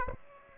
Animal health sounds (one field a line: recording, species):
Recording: mosquito wingbeat signal from an infrared sensor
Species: Aedes aegypti